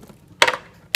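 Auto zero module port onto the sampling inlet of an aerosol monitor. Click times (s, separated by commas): 0.4 s, 1.0 s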